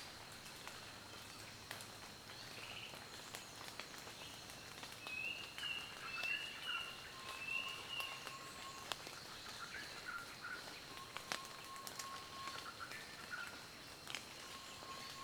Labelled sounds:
Klaas's Cuckoo (Chrysococcyx klaas)
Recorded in Kibale, Uganda

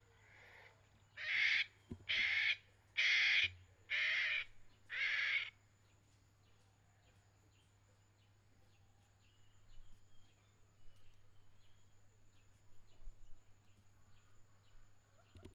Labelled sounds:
Clapperton's Francolin (Pternistis clappertoni)
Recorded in northern Uganda

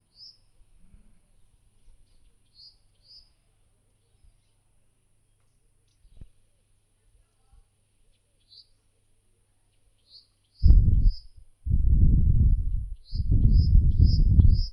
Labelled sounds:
Western Black-headed Batis (Batis erlangeri)
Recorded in northern Uganda

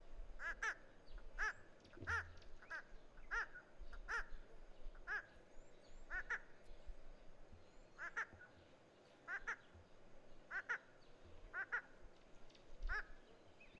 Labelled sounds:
Rufous-crowned Roller (Coracias naevius)
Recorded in northern Uganda

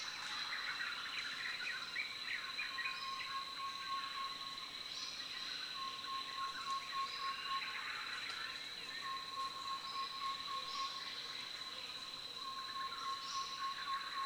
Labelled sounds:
White-spotted Flufftail (Sarothrura pulchra)
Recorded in Kibale, Uganda

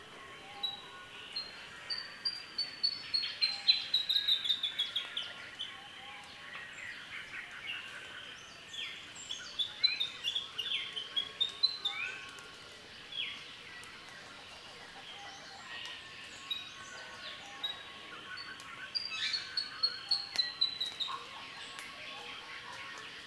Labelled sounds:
Olive Sunbird (Cyanomitra olivacea)
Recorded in Kibale, Uganda

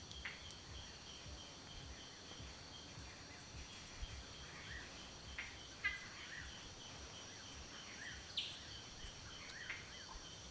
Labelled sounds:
Slender-billed Greenbul (Stelgidillas gracilirostris)
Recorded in Kibale, Uganda

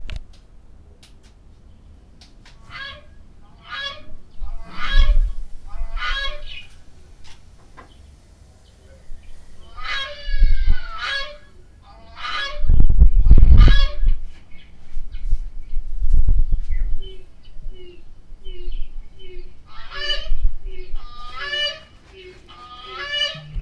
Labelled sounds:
Gray Crowned-Crane (Balearica regulorum)
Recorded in Lake Mburo, Uganda

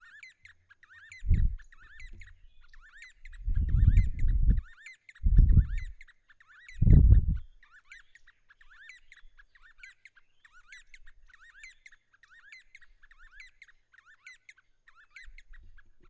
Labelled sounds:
D'Arnaud's Barbet (Trachyphonus darnaudii)
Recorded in northern Uganda

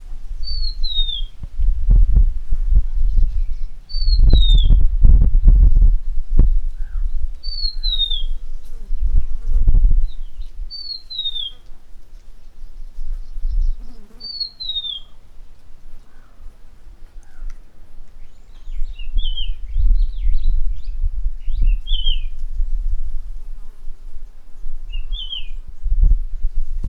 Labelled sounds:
Rufous-naped Lark (Mirafra africana)
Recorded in northern Uganda

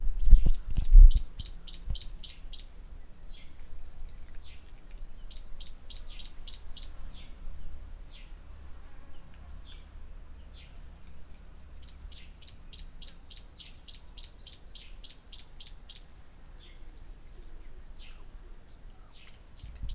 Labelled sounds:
Tawny-flanked Prinia (Prinia subflava)
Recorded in northern Uganda

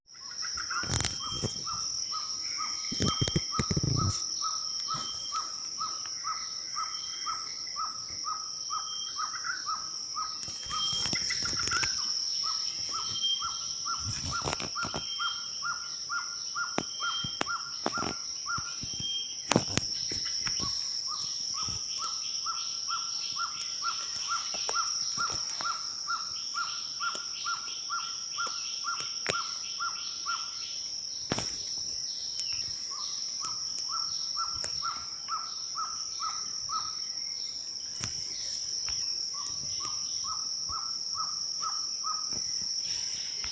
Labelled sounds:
Bar-tailed Trogon (Apaloderma vittatum)
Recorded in Bwindi, Uganda

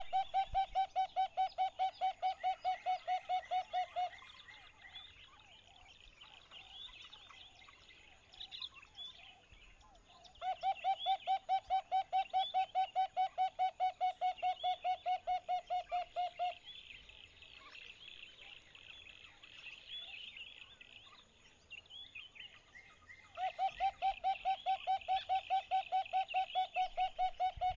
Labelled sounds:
Red-fronted Barbet (Tricholaema diademata)
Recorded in northern Uganda

